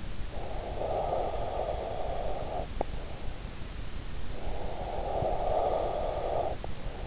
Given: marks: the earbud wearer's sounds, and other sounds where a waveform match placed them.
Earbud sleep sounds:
sounds in sleep by an in-ear microphone; breath
0.24-3.37 s: breath
4.21-7.07 s: breath

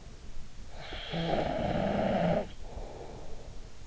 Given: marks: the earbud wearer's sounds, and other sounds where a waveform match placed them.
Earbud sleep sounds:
sounds in sleep by an in-ear microphone; snoring breath
0.75-3.48 s: snoring breath

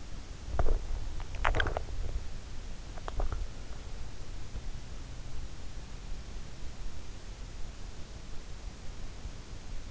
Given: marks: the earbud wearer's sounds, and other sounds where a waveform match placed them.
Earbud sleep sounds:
sounds in sleep by an in-ear microphone; swallowing
0.00-4.14 s: swallowing

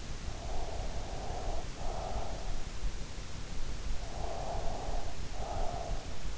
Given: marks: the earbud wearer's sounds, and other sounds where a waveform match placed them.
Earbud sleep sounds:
sounds in sleep by an in-ear microphone; breath
0.20-2.67 s: breath
3.98-6.19 s: breath

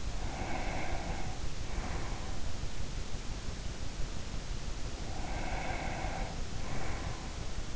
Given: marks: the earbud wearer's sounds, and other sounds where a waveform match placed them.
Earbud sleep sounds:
sounds in sleep by an in-ear microphone; breath
0.00-2.73 s: breath
4.90-7.66 s: breath

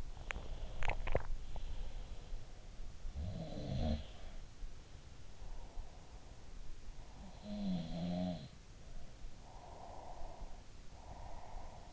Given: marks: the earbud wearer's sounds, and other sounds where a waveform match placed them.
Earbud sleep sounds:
sounds in sleep by an in-ear microphone; swallowing, breath
0.00-1.22 s: swallowing
0.33-2.94 s: sound from someone else or the room
3.14-4.69 s: sound from someone else or the room
7.02-9.09 s: sound from someone else or the room
9.34-11.92 s: breath

